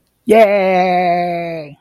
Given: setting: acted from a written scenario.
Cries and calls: vocal sound without words; triumph

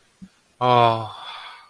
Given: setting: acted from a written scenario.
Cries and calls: vocal sound without words; serenity

